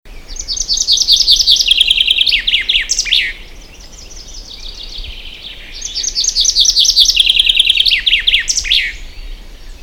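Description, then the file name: Common chaffinch singing two clear phrases, each a fast tumbling series of high notes that drops in pitch and finishes with an emphatic flourish, separated by a quiet pause. "Fringilla coelebs"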